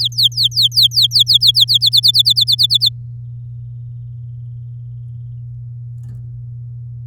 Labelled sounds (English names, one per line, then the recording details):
Domestic Canary song
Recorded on 10 May 2018 at 12:56
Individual llb16